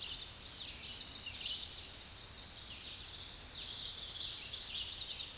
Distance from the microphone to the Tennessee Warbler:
about 30 m